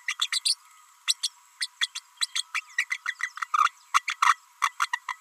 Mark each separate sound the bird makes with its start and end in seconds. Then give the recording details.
0.08-0.15, 0.21-0.28, 0.32-0.40, 0.45-0.56, 1.07-1.14, 1.23-1.30, 1.60-1.67, 1.81-1.88, 1.95-1.99, 2.21-2.26, 2.35-2.42, 2.54-2.60, 2.78-2.85, 2.90-2.97, 3.08-3.14, 3.22-3.29, 3.57-3.71, 3.94-4.02, 4.07-4.16, 4.21-4.36, 4.62-4.72, 4.79-4.88, 4.93-5.00, 5.10-5.17. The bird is a female. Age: 32 days. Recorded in a nest box in Venezuela. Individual 17B32A5